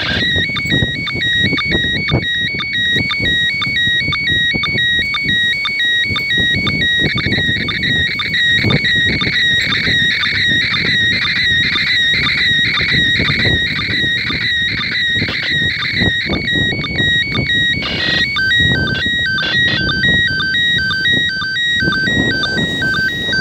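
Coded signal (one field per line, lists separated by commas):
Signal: SSTV (slow-scan television)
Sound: warbling, stepping tones with a short low blip about twice a second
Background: radio static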